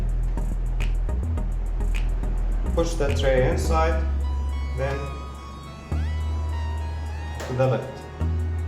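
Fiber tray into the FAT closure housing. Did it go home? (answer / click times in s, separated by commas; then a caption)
no / none. A plastic fiber tray is pushed inside a CommScope FAT closure housing and then to the left while someone talks over background music, with a few short handling knocks. Nothing has seated or clicked yet; the clip ends just before the tray snaps home.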